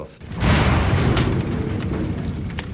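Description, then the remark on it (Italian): A huge explosion erupts after a brief moment as a plane crashes into trees 60 to 90 metres tall, then churns into a loud, dense low roar and rumble that stays heavy until the end. “Tutto quello che mi ricordo è un ultimo rumore forte e poi un'enorme esplosione.”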